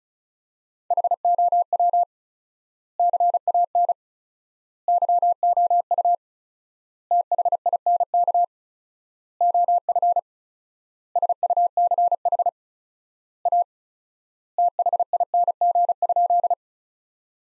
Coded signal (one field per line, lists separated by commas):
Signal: Morse code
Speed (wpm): 36 wpm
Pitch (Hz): 700 Hz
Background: none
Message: HOW CAN YOU THINK OF SUCH A THING?